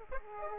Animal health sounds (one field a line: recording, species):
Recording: mosquito wingbeat signal from an infrared sensor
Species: Aedes aegypti